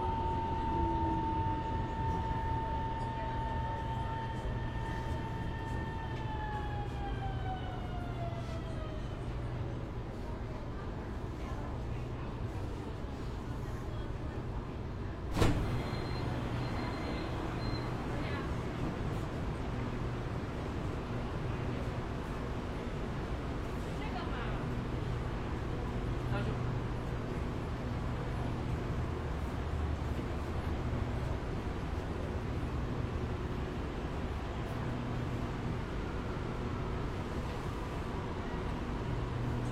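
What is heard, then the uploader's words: Inside a Shenzhen metro car, a dense, steady low roar of air conditioning and running train fills the whole recording. A whining motor tone slides down in pitch during the first ten seconds, and a sharp clack lands near fifteen seconds. Faint voices murmur underneath. Cooling in Metro, Shenzhen. 深圳地铁冷气开得很足. 那天下午三四点的样子，我从地铁 1 号线鲤鱼门站上车. 地铁里没什么人，很干净，很凉快，然后录下了这段音频。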